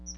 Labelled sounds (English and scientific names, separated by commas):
Chestnut-sided Warbler (Setophaga pensylvanica) flight call